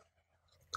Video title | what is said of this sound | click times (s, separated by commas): Sublue Seabow Underwater Sea Scooter | Sampai bunyi klik Cut Oke | 0.8 s